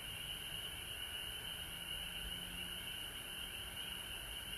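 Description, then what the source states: Many frogs calling together, a constant shrill trill with a quieter lower drone, no gaps in the sound. Frogs recorded at home in Georgia on March 19, 2020.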